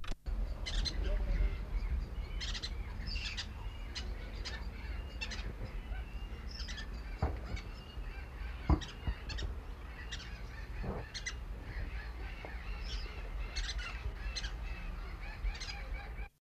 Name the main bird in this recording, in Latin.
Pyrrhura frontalis